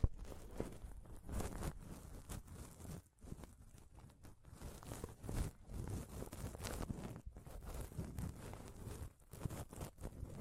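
Scratching and touching on a microphone, rough and dense, with rubbing bursts that swell and fade every second or so. Low thumps sit under brighter scraping hiss, broken by brief near-silent gaps around three, seven and nine seconds.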